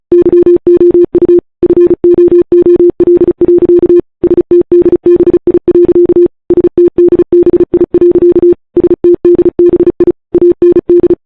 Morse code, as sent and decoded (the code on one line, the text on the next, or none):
-.-- --- ..- / ..-. --- --- .-.. .-.-.- / ... - -.. -... .. .-.-.- / ... - -.. -... .. .-.-.- / ... - -.. -... .. / .- -. -..
YOU FOOL. STDBI. STDBI. STDBI AND